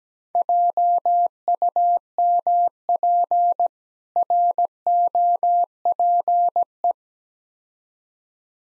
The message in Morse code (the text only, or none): JUMP ROPE